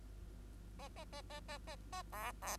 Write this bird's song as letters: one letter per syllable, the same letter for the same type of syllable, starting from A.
A A A A A A A B B